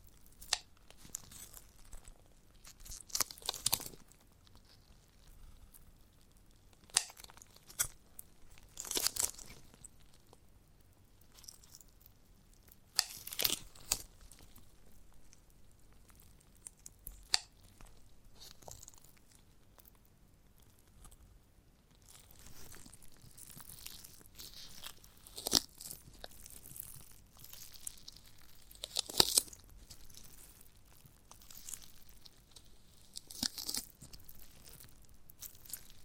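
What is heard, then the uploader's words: Eating sounds from a giant gummy bear: wet, sticky bites and chewing come in short bursts every few seconds, each a sharp bright crackle. Between them are quiet stretches, and the last third grows busier with denser squishing and tearing. ASMR of a Giant Gummy Bear (No Talking).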